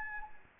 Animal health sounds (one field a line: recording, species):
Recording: mosquito wingbeat signal from an infrared sensor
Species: Anopheles gambiae